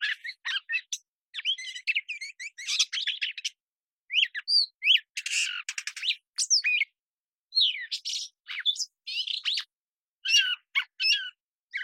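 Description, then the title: Gray catbird singing a varied run of squeaks, harsh buzzy notes and whistles, delivered in quick irregular bursts. Long developing song string of whistles, squeaks, gurgles, whines, nasal tones and mimicry, phrases sung almost at random; cleaned and processed from a parabolic recording. "Gray Catbird Long Song Performance"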